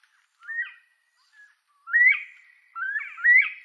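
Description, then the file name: Northern bobwhite whistling a few clear, upslurred notes with brief quiet gaps between them. "canto da perdiz da virginia"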